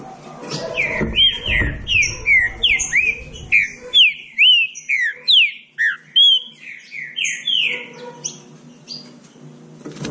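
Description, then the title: Green-winged saltator song: a long run of loud whistled slurred notes, mostly falling, delivered quickly in sequence. Classic song style used for training. "Canto Clássico Trinca Ferro TREINAMENTO"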